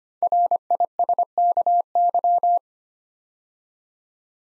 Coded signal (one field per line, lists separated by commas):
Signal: Morse code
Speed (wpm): 25 wpm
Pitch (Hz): 700 Hz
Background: none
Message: RISKY